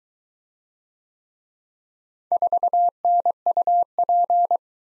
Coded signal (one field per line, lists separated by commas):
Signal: Morse code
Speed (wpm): 23 wpm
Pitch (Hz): 700 Hz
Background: none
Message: 4NUP